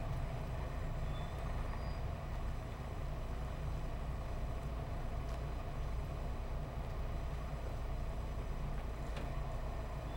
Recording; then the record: honeybee colony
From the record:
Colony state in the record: missing queen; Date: 14 July 2017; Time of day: 11:30